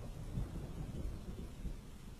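A nighttime thunderstorm: a steady low rumble of thunder rolls beneath a constant wash of rain noise, dense and unbroken throughout, with no voices present.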